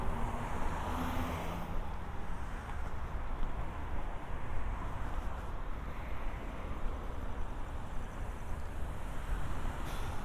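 A binaural walk from the San Diego County Admin Building toward Golden Hill, filled with a steady low rumble of passing traffic. A brief hiss and faint tonal whine come early, near the first two seconds, and the level stays fairly even throughout.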